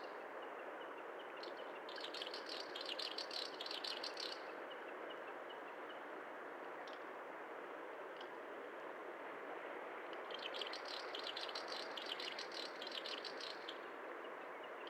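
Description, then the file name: Snipe giving two bursts of rapid, buzzy rattling notes several seconds apart, heard over a constant loud rushing background. Recorded at Belaya Uba, Kazakhstan, on 18 May 2011. "110518 shsnipe-DF-SOC kz bjelaja-uba"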